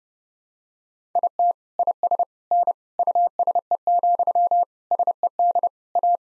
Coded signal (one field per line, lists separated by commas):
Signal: Morse code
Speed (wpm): 32 wpm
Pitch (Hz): 700 Hz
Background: none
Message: IT IS N USE, SED A